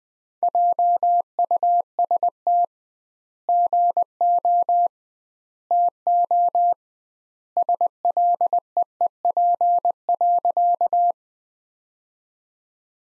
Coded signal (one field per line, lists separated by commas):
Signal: Morse code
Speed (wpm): 21 wpm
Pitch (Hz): 700 Hz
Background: none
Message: JUST GO TO SLEEP.